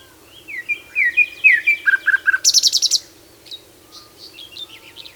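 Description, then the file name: Common nightingale singing: a run of quick slurred notes, a few lower repeated notes, then a rapid high rattle, followed by softer scattered chirps. "Luscinia megarhynchos"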